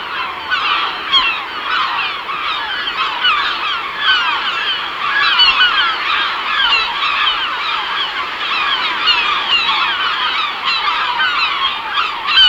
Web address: Herring